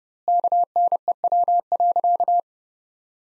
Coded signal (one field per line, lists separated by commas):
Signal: Morse code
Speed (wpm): 30 wpm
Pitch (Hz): 700 Hz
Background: none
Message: KNEW.